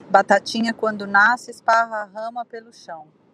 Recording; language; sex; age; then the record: short text; Brazilian Portuguese; female; 40 to 49 years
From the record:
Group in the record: control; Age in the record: 43 years